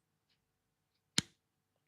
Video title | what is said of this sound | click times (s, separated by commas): 🔴 Plan With Me! Daily Planner Pages March 17 - 23 - Day 17/30 | Right, so it clicks into place. | 1.2 s